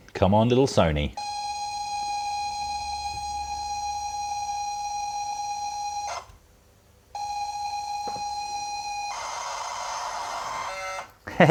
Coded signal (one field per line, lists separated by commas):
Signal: ZX Spectrum tape loading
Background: speech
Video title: EP-122: $10 Tape loading, or tape chewing solution?